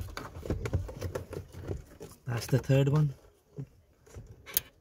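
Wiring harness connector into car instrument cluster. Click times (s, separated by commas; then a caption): 4.6 s. The third wiring harness connector is pushed into the back of a Toyota Yaris Vitz instrument cluster while the cluster is out of the dash, as someone talks and handles the parts with soft taps and rustles. At 4.6 seconds the connector gives one sharp click, and it is seated.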